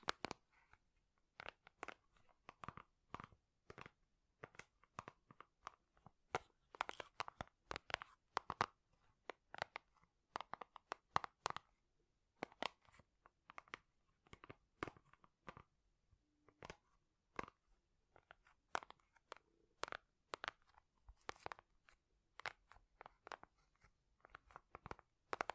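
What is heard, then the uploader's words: Quick, irregular tapping runs in dense bursts with brief pauses, each tap crisp and bright, with a faint crunchy, crackling texture throughout. ASMR Great Tapping Sounds for Sleep (No Talking).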